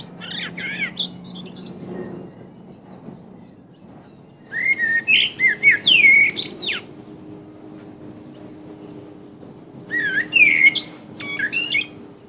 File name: Common Blackbird